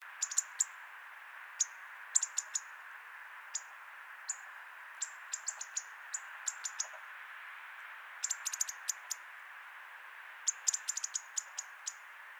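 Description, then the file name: European robin ticking calls, sharp high clicks in irregular bursts and quick strings throughout, over a background hiss. "Erithacus rubecula"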